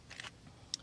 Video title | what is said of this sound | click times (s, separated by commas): New Kia Sorento review, a good all around SUV? 2019 Kia Sorrento | interestingly enough when it clicks right into place this is the position it takes I guess to give those people legroom | 0.7 s